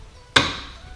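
A coin tube cassette, being changed from a 5c tube to a $1.00 tube, is rocked up and down until its tab pulls into the locking hole in the coin changer frame. A single sharp, bright click-like snap lands at 0.4 s, with a short ringing tail fading over about a quarter second against quiet background hiss. The tab is seated in the hole.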